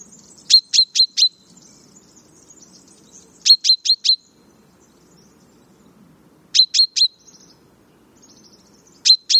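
Common chaffinch giving sharp, high clipped calls in quick bursts of three or four, each burst separated by about three seconds of quiet.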